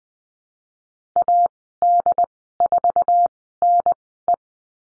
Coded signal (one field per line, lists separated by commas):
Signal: Morse code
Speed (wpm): 20 wpm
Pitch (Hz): 700 Hz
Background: none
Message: A D 4 N E